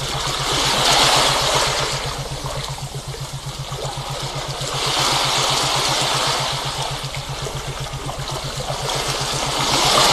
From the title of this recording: Seawater sound 7.83HZ Schumann resonant wave